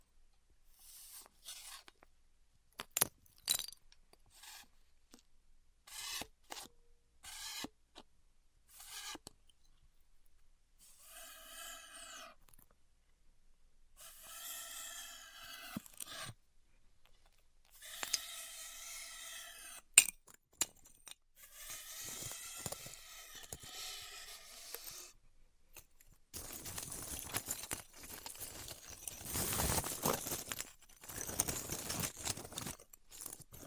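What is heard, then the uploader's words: Styrofoam being heat cut, with scattered short scratches and rubs early on, then longer squeaky streaks with a wavering pitched whine from about 11 to 26 seconds. After 26 seconds a denser, steadier hissing rasp runs to the end. A sharp click lands near 20 seconds. ASMR Styrofoam Heat Cutting (No Talking).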